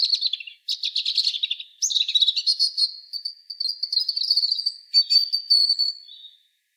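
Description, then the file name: European robin delivering a long continuous phrase of rapid trilled and twittering notes, blending into a sustained high warble that trails off. "Erithacus rubecula"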